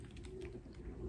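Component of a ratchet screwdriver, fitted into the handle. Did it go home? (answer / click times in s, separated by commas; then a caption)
no / none. A part of a ratchet screwdriver set, a component fitted into the handle, is handled. A few faint, quick ticks come at about 0.1, 0.2, 0.3 and 0.5 seconds over a steady low background hum. Nothing has seated or clicked into place yet.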